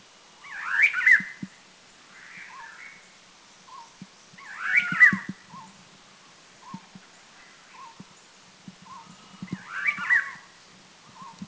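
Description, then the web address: Chestnut-crowned laughingthrush repeating rich, swooping whistled phrases roughly every four seconds, quieter single notes in the gaps, over low clicking pulses. Recorded in northern Thailand. "Thailand North Chestnut-crowned LT"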